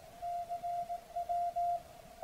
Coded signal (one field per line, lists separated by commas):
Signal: Morse code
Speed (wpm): 18 wpm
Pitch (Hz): 700 Hz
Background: none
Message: CW